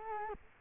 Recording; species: mosquito wingbeat signal from an infrared sensor; Culex quinquefasciatus